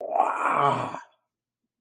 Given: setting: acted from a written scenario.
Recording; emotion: vocal sound without words; elation